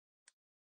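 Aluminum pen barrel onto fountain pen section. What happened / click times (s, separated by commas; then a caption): The small metal barrel snapped closed / 0.3 s. An aluminum Faber-Castell Hexo fountain pen barrel is pushed onto the section and snaps shut rather than screwing finger-tight, giving a single short, bright click at 0.3 s (0.28 s). The barrel is seated. A faint sound begins just before the clip ends.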